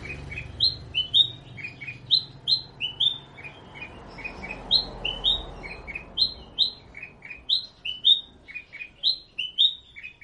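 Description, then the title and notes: Sooty-headed bulbul song of quick, bubbly chirps in regular repeated phrases, with faint low background noise. Described as gacor, singing actively and profusely. "kutilang gacor"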